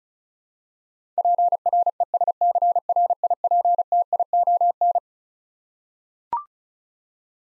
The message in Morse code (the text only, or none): PRESCRIPTION